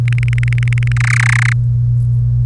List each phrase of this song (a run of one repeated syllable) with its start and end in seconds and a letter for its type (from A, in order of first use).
0.08-0.92 A, 0.96-1.53 B